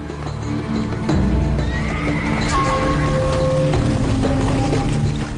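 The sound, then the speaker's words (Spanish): A horse lets out a long, high, wavering whinny over a steady clatter of hooves, the sound jumping louder after the first second and staying full throughout. “Y allí podían encontrar los legendarios caballos celestes, que el emperador Wu Di tanto deseaba”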